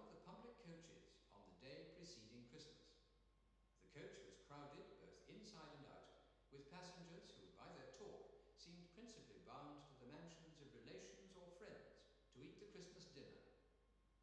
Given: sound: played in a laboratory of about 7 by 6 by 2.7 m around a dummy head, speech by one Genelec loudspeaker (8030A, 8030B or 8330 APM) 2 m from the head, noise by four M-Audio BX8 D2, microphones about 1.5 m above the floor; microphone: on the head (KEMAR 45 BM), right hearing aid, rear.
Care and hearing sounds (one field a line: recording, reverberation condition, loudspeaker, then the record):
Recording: male speech in English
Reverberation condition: high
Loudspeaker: 30 degrees to the right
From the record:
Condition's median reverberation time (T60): about 1300 ms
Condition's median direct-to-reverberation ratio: about -4.0 dB